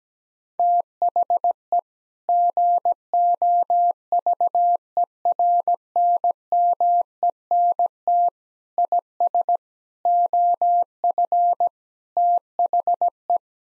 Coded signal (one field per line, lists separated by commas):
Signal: Morse code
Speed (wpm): 17 wpm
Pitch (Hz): 700 Hz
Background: none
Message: THE GOVERNMENT IS OF THE